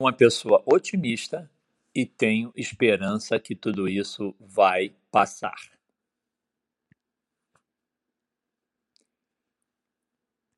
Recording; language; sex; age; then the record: spoken sentence; Brazilian Portuguese; male; 60 to 69 years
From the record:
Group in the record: control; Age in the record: 68 years